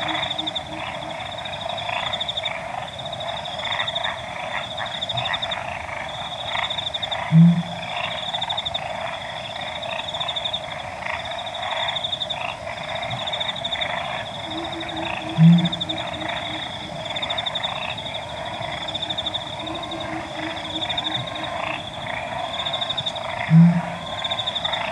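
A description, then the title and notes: A Pel's fishing owl gives a deep, booming hoot about every eight seconds, near 7, 15 and 24 seconds, low. Behind it runs a dense, steady dawn chorus of insects and frogs, with a thin, constant high trill on top. Field Recording: Pel's Fishing Owl At Dawn. Okavango Panhandle. This night, I was awoken by the call. Equipment used: Sound Devices 702 digital recorder with Sennheiser 418 stereo shotgun microphone (M/S).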